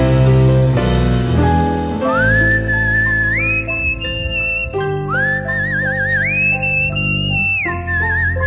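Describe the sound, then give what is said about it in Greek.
A clear, high whistled melody rises and holds long sustained notes with slight wavering over full instrumental music, swelling and falling twice as a song draws to its close. “Ωραίο το σφύριγμα, ό,τι πρέπει, τελειώνει και το τραγούδι”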